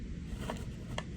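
A plastic latch on the bottom of an Ethernet cable plug is pressed with light pressure to free the plug from the port of an old network device. Against a steady low hum, a faint tick comes at 0.5 seconds, a sharp click at 1.0 seconds and another short tick at 1.2 seconds. The cable latch is released.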